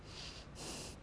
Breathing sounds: one breath in and out by a microphone near the nose and mouth; strong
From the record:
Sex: male

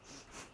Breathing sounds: one breath in and out by a microphone near the nose and mouth; strong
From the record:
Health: marked as sick, illness not named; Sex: female

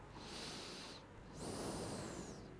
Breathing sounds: one breath in and out by a microphone near the nose and mouth; normal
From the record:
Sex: male

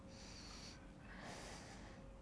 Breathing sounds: one breath in and out by a microphone near the nose and mouth; deep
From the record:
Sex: male

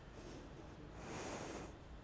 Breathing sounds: one breath in and out by a microphone near the nose and mouth; normal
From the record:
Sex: female

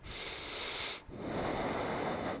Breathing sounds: one breath in and out by a microphone near the nose and mouth; deep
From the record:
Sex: male

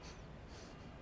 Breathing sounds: one breath in and out by a microphone near the nose and mouth; strong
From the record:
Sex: male

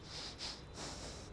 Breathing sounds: one breath in and out by a microphone near the nose and mouth; strong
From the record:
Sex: male

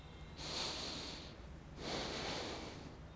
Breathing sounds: one breath in and out by a microphone near the nose and mouth; deep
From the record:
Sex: male

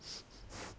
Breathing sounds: one breath in and out by a microphone near the nose and mouth; strong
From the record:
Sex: male

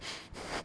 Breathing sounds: one breath in and out by a microphone near the nose and mouth; strong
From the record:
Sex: male

